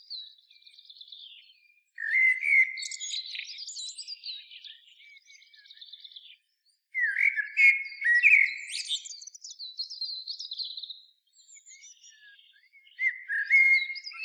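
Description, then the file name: Common blackbird song: two rich fluted warbling phrases about five seconds apart, each ending in a thin squeaky twitter, with a third phrase starting at the close. "Turdus merula"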